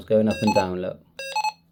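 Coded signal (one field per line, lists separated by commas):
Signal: none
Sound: radio scan beeps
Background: speech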